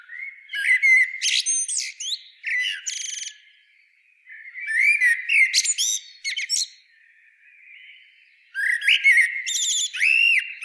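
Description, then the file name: Common blackbird singing three phrases, each a mellow fluting warble trailing into thin high twittered squeaks, separated by short pauses. "Turdus merula"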